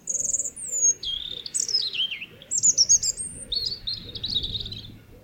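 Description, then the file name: European robin singing a continuous run of high, shimmering trills and descending slurred notes. "Erithacus rubecula"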